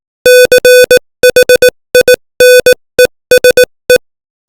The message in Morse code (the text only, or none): CHINESE